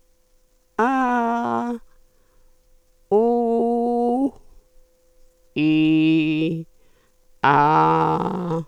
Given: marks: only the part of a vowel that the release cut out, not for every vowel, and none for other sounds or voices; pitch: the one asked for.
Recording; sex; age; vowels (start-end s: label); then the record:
sustained vowels; female; 70 to 79 years
0.83-1.69 s: vowel /a/, high pitch
3.19-4.17 s: vowel /u/, high pitch
5.63-6.48 s: vowel /i/, low pitch
7.49-8.49 s: vowel /a/, low pitch
From the record:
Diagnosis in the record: functional dysphonia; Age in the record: 74 years